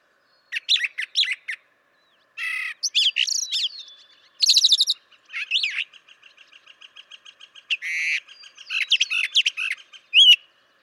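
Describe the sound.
Brown Thrasher song: a long run of varied phrases, buzzy rattles, sweeping whistles and a fast chattering series, with brief pauses between sections.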